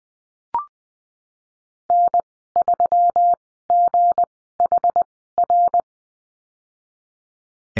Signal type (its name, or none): Morse code